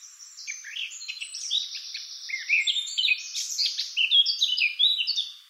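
Eurasian blackcap producing an unbroken, fast warble of high twittering and chattering notes that grows slightly louder toward the middle and fades at the close.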